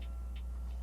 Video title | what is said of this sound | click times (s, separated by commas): NEW FRAGRANCES TO THE COLLECTION‼️- DID I WIN OR LOOSE⁉️- MEN'S FRAGRANCE REVIEWS | Yeah, but it just kind of goes on in place. I wish it would kind of click into place. | none